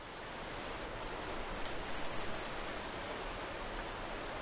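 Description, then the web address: Orange-billed sparrow singing a short phrase of thin, high notes, a few soft starter notes then sharper down-slurred whistles ending in one longer note, with faint background hiss. Recorded in Ecuador, South America. "Birds of Ecuador. Orange-billed sparrow"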